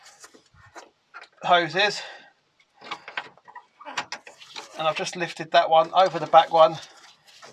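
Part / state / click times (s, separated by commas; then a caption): fuel hose quick connector onto van fuel filter / not seated / none. Someone talks while handling the fuel hoses on a Vauxhall Vivaro van during a fuel filter replacement, lifting one hose over the other, with a few brief knocks between about 3.1 and 4.6 seconds. The fuel hose quick connector is not yet pushed onto the fuel filter spigot, and nothing has seated or clicked yet.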